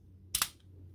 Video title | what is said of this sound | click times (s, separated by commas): Patriot Prime Reviews Siege / Earthrise Astrotrain | we go just back section you want to get this down locked into place and they'll snap in place nice and secure | 0.4 s